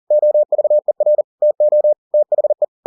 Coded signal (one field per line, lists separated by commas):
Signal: Morse code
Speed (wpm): 40 wpm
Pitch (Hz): 600 Hz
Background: none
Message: OVER TO THE